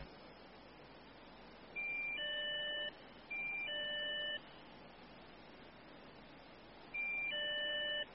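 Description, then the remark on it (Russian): Three bursts of electronic telephone dialing beeps, each a quick run of bright, steady stepped tones lasting about a second, separated by short pauses over a low background hiss. “Вряд ли открою, сейчас телефон наберу.”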